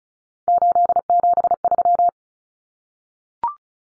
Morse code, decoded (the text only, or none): 873